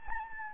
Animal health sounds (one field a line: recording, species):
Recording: mosquito wingbeat signal from an infrared sensor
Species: Anopheles gambiae